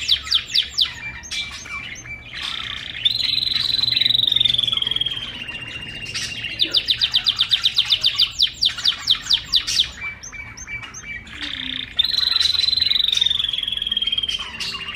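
Bird singing a varied, rambling song mixing sharp chirps, long buzzy trills and a fast stuttering series of clicks, repeating the buzzy trill near the end.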